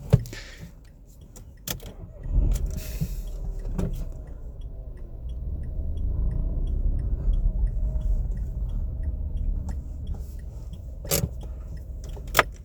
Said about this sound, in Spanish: Entonces, bueno, he avanzado un poco el coche. Estoy aquí esperando a mi esposa a la salida del trabajo para recogerla, y he avanzado un poquitín el coche.